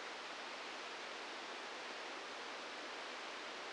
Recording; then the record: brain microelectrode recording played as sound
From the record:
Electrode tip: outside the subthalamic nucleus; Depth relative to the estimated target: 2 mm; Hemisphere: left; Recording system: NeuroSet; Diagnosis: Parkinson's disease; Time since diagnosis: 15 years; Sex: female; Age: 59 years